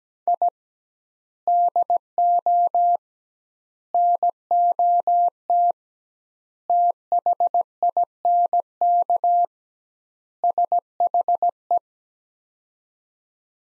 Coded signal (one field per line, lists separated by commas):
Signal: Morse code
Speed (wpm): 17 wpm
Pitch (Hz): 700 Hz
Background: none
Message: I DO NOT THINK SHE